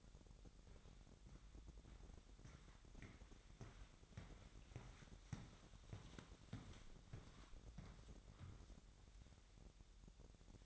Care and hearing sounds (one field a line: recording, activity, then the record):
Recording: daily activity, microphone in the room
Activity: walk to room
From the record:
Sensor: 3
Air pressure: 1012.2 hPa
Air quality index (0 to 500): 141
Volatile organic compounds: 2 ppm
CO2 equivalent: 1080 ppm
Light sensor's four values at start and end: 145/346/143/134 and 135/327/134/125